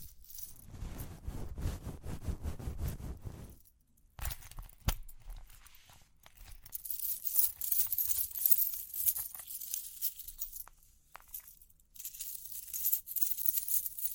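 Tapping and scratching sounds, with dense rapid low tapping for the first few seconds that stops around four seconds. After that come bright, airy scratching and rustling textures with a few sharp clicks, and light jingling-like metallic glints through the second half.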